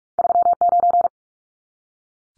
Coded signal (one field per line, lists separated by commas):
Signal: Morse code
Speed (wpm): 44 wpm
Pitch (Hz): 700 Hz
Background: none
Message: 39